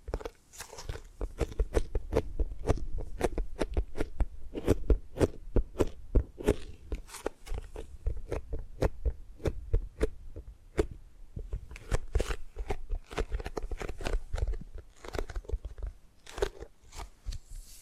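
Tapping and gripping sounds: a quick, irregular run of sharp, crisp clicks and taps, several each second, with a crunchy, crackling texture over a soft low rumble. The tapping thins briefly around eleven seconds, then picks back up to the end.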